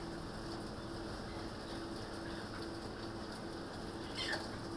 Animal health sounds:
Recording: poultry house recording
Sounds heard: healthy chickens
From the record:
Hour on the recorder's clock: 19

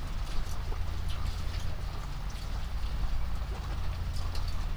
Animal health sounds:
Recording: poultry house recording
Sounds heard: sick chickens (respiratory disease)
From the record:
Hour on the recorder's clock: 21

